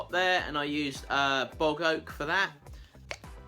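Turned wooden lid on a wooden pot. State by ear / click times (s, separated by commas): released / 3.1 s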